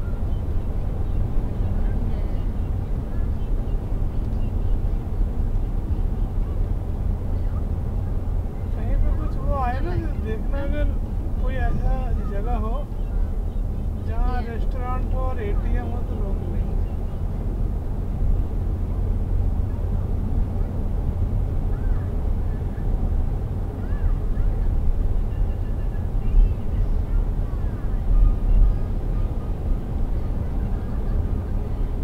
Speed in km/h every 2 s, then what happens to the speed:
123, 120, 117, 116, 111, 104, 105, 109, 113, 117, 120, 121, 121, 123, 125, 127.
0-11 slows to 104. 11-32 speeds up to 127.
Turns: none.